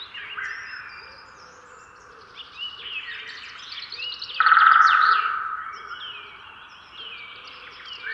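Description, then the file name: Eurasian jay uttering a loud, grating rasp of about a second midway, set against a dense background of varied small-bird songs and chirps. "Garrulus glandarius"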